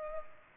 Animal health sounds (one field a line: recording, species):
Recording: mosquito wingbeat signal from an infrared sensor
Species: Culex pipiens